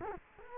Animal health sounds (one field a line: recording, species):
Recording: mosquito wingbeat signal from an infrared sensor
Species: Culex quinquefasciatus